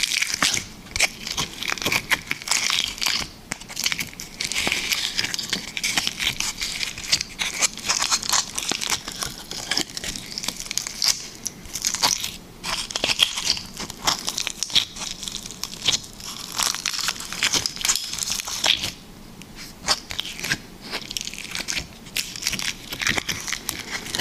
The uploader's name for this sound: Liquid Slime ASMR